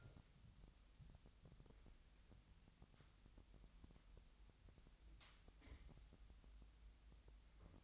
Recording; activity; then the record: daily activity, microphone in the room; wipe stove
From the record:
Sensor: 3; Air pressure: 1003.3 hPa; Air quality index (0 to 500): 201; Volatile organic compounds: 7 ppm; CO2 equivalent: 1964 ppm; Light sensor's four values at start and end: 9/22/9/10 and 9/22/9/10